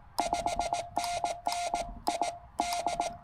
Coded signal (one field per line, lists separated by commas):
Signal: Morse code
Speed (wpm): 15 wpm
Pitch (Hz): 720 Hz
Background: none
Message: 5NN ID